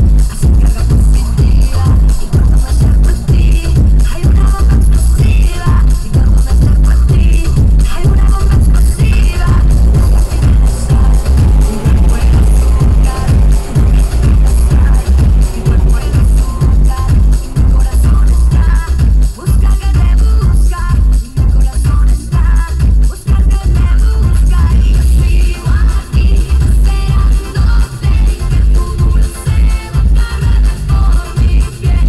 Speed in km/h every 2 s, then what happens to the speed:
61, 60, 61, 61, 60, 58, 56, 37, 23, 13, 5, 0, 0, 0, 0, 0.
0-12 steady at about 60. 12-21 brakes to 0. 21-32 standing.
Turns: none.